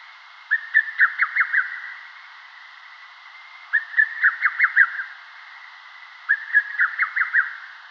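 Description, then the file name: Lesser cuckoo song, a quick stuttering phrase of five or six whistled notes, repeated three times at intervals of about three seconds. "Cuculus poliocephalus"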